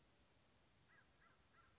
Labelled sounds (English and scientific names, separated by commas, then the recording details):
American Crow (Corvus brachyrhynchos)
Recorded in Sonoma County, California